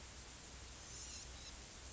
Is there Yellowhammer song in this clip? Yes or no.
no